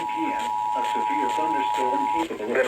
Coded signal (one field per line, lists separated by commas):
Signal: Emergency Alert System (SAME) tones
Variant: 853 and 960 Hz attention tone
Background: speech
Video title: End Of May Twisters/Storms: EAS Alerts From 5/30/25 (EAS #4462-4497)